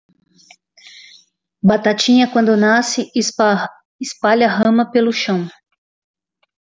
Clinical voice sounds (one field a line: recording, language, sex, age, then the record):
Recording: short text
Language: Brazilian Portuguese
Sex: female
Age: 50 to 59 years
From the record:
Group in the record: control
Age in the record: 54 years